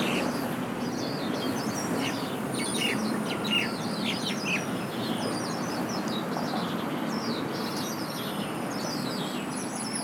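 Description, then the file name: Birds chirp in scattered high notes over a steady background of road noise. Recorded beside a road in Beijing on Valentine's Day. "song of birds on Valentines day by the road in beijing"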